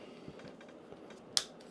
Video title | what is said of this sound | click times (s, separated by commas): Wilykit Unleashed! Super7 Ultimates Unboxing – ThunderCats’ Mischief Maker with a Catch | There you go. It You can hear a click. | 1.4 s